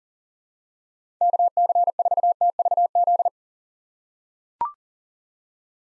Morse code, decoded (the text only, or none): KC4TVZ